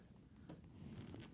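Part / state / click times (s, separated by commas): electrical plug into its socket on the massage chair's underside / seated / 1.1 s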